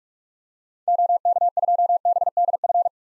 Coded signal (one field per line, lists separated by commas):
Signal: Morse code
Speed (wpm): 46 wpm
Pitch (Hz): 700 Hz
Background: none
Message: OK2BDF